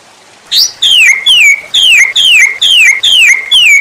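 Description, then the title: White-rumped shama song: a series of clear descending whistled slurs, each sliding downward, repeated steadily a little over twice a second. Masteran (cage bird training) recording titled Murai Batu Labaik. "MASTERAN MURAI BATU LABAIK"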